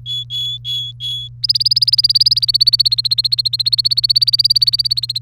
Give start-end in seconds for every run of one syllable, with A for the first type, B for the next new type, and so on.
0.06-1.28 A, 1.43-5.22 B